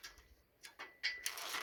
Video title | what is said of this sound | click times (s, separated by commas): Engine Rebuild -- Part 3 -- | on there there's a click | 1.3 s